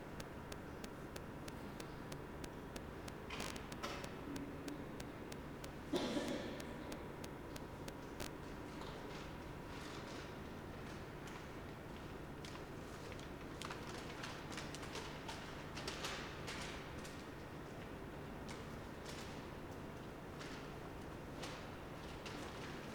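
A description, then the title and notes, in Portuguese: A short walk through Puerta del Sol, set against a thick, steady rumble that never lets up. Sharp clicks and taps land every second or so, with a louder, rougher burst around six seconds and a faint low hum running underneath. Pequeno percurso na Puerta del Sol.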